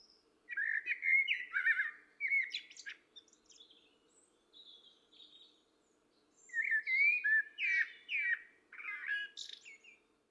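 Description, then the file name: Common blackbird singing rich, fluty warbles that break into thin, high chattering notes, with soft high squeaks in the gap before a second full phrase; faint low background hum. "Turdus merula"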